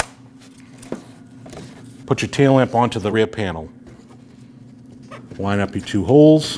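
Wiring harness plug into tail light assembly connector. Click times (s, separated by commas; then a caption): 0.0 s. A wiring harness plug is pushed onto the plastic socket connector of an outer tail light assembly on a 2014–2023 Jeep Cherokee, and it clicks in with a sharp snap at 0.0 s, showing the connector is seated. A few faint taps and handling noises follow around 0.8–0.9 s, and then someone talks.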